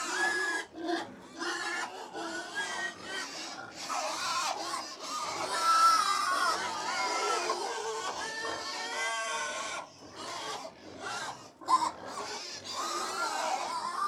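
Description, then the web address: Crowded pigs squealing and grunting while they feed, the shrill cries coming in bursts with short quieter gaps. About 100 pigs feeding; livestock. "BBC Sound Effects Library BBC Livestock 1 Approx 100 Pigs Feeding"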